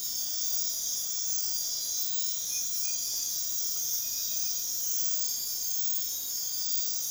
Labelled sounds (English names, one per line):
none